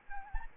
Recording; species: mosquito wingbeat signal from an infrared sensor; Anopheles gambiae